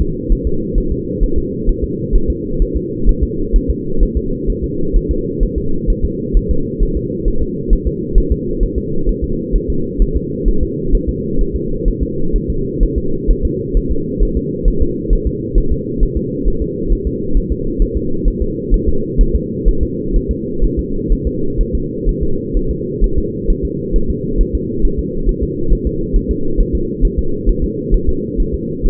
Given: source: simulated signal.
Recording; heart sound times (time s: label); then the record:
fetal heart sounds
0.01 s: S2
0.32 s: S1
0.47 s: S2
0.78 s: S1
0.92 s: S2
1.23 s: S1
1.38 s: S2
1.69 s: S1
1.84 s: S2
2.15 s: S1
2.30 s: S2
2.62 s: S1
2.76 s: S2
3.09 s: S1
3.23 s: S2
3.56 s: S1
3.70 s: S2
4.03 s: S1
4.17 s: S2
4.50 s: S1
4.64 s: S2
4.96 s: S1
5.11 s: S2
5.43 s: S1
5.58 s: S2
5.90 s: S1
6.05 s: S2
6.37 s: S1
6.51 s: S2
6.83 s: S1
6.97 s: S2
7.28 s: S1
7.42 s: S2
7.73 s: S1
7.87 s: S2
8.18 s: S1
8.32 s: S2
8.63 s: S1
8.78 s: S2
9.09 s: S1
9.24 s: S2
9.56 s: S1
9.70 s: S2
10.02 s: S1
10.16 s: S2
10.48 s: S1
10.63 s: S2
10.95 s: S1
11.09 s: S2
11.41 s: S1
11.56 s: S2
11.88 s: S1
12.03 s: S2
12.36 s: S1
12.50 s: S2
12.83 s: S1
12.98 s: S2
13.31 s: S1
13.45 s: S2
13.77 s: S1
13.91 s: S2
14.23 s: S1
14.37 s: S2
14.68 s: S1
14.82 s: S2
15.13 s: S1
15.27 s: S2
15.58 s: S1
15.72 s: S2
16.03 s: S1
16.17 s: S2
16.48 s: S1
16.62 s: S2
16.93 s: S1
17.07 s: S2
17.37 s: S1
17.52 s: S2
17.82 s: S1
17.97 s: S2
18.28 s: S1
18.42 s: S2
18.74 s: S1
18.88 s: S2
19.21 s: S1
19.35 s: S2
19.69 s: S1
19.83 s: S2
20.16 s: S1
20.31 s: S2
20.64 s: S1
20.79 s: S2
21.12 s: S1
21.27 s: S2
21.61 s: S1
21.75 s: S2
22.09 s: S1
22.23 s: S2
22.57 s: S1
22.71 s: S2
23.04 s: S1
23.18 s: S2
23.50 s: S1
23.65 s: S2
23.96 s: S1
24.10 s: S2
24.41 s: S1
24.55 s: S2
24.85 s: S1
24.99 s: S2
25.29 s: S1
25.43 s: S2
25.72 s: S1
25.87 s: S2
26.16 s: S1
26.31 s: S2
26.60 s: S1
26.75 s: S2
27.05 s: S1
27.19 s: S2
27.49 s: S1
27.64 s: S2
27.94 s: S1
28.09 s: S2
28.40 s: S1
28.54 s: S2
28.86 s: S1
From the record:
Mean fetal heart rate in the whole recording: 130 bpm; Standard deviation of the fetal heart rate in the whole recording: 4 bpm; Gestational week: 38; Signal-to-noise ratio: -8.1 dB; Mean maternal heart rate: 72 bpm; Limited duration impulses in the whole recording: absent